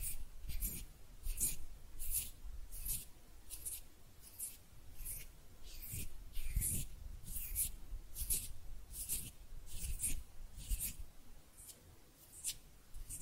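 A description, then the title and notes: Hands make steady, rhythmic rubbing strokes, roughly one every three-quarters of a second, each a bright, hissing swish. Soft low thumps and brushing sit underneath, with a few faint scratchy clicks between strokes. The pattern stays even for the whole stretch. ASMR Relaxing Hand Sounds (No Talking).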